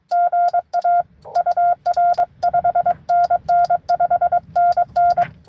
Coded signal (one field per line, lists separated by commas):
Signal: Morse code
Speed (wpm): 23 wpm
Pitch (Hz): 1400 Hz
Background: none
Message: GA UR 5NN 5NN